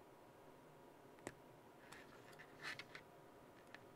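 A crimped wire pin from an RC battery balance lead is pushed back into its plastic connector housing, and the locking tab catches with a sharp click at 1.3 s. Softer ticks and light handling noise follow around 1.9, 2.8, 3.0 and 3.8 s over a quiet background, and the pin is seated.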